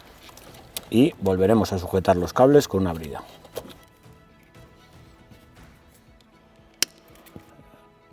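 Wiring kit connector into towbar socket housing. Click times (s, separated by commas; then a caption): 0.4 s, 0.8 s. A wiring-kit connector is pushed all the way down into its towbar socket housing on a 2020-onward SEAT Ateca Phase II and clicks in twice, at 0.4 s and 0.8 s, fully seated. Someone then talks over faint background music, followed by a few light knocks and a sharp tick near 6.8 s.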